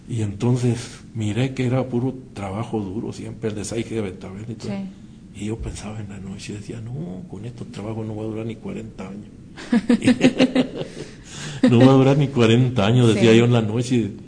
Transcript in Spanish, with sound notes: Y entonces miré que era puro trabajo duro siempre, el desahije de betabel y todo y yo pensaba en la noche, decía: “No, con este trabajo no voy a durar ni cuarenta años”. (risas) “No voy a durar ni cuarenta años”, decía yo en la noche.